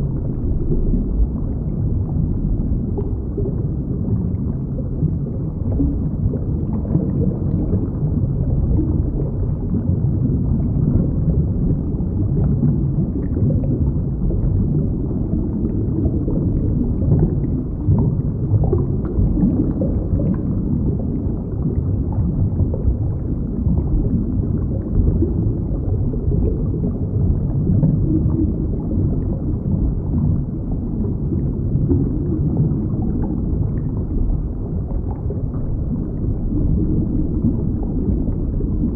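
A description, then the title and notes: Underwater ambience from a coral reef, a dense, steady wash of low, muffled rumbling that never lets up across the whole recording. Faint crackles and tiny ticks flicker through the middle range, while nothing bright rises above the murky, closed-in sound. Underwater Ambience. Sounds of an underwater coral reef.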